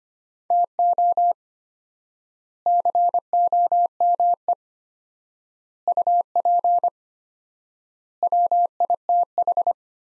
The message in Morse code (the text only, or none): TO COME UP WITH